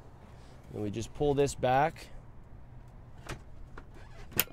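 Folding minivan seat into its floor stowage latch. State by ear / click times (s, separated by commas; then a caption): seated / 4.4 s. In a 2020 Chrysler Pacifica Touring L, the folded second-row seat is pulled back and pressed down into its floor stowage. Someone talks over low background noise, followed by faint handling knocks around 3.3 s and 3.8 s. A sharp latch click at 4.4 s marks the stowed seat locking into the floor.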